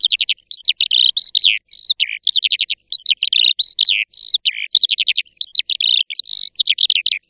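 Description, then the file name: Eurasian skylark song, a continuous rapid stream of chirruping, trilled and whistled notes, high and varied, with barely a pause throughout. "ALLODOLA"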